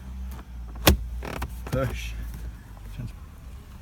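The plastic instrument cluster surround trim of an MX-5 is lined up and given a firm push to clip it into the car's dashboard while someone talks. One sharp snap is heard at 0.9 s, followed by a few fainter ticks around 1.3–1.4 s, and the trim panel is seated home.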